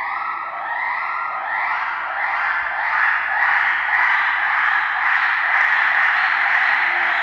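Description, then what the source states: Gibbon song: a continuous series of rising, wavering notes, each sweeping upward, growing slightly louder. Gibbon chanting.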